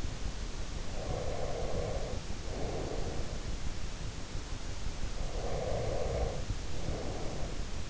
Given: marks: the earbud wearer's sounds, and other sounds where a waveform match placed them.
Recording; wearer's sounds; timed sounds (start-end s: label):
sounds in sleep by an in-ear microphone; breath
0.69-3.52 s: breath
4.81-7.90 s: breath